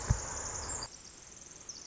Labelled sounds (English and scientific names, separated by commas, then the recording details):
Pacific Wren (Troglodytes pacificus)
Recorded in Sonoma County, California